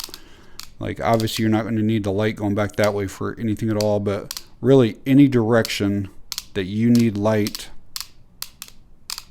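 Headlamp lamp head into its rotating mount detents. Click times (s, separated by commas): 8.0 s, 8.4 s, 8.6 s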